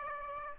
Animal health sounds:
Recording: mosquito wingbeat signal from an infrared sensor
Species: Aedes aegypti

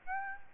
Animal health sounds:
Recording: mosquito wingbeat signal from an infrared sensor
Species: Aedes aegypti

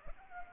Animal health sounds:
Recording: mosquito wingbeat signal from an infrared sensor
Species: Culex pipiens

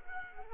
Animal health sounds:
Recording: mosquito wingbeat signal from an infrared sensor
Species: Culex quinquefasciatus

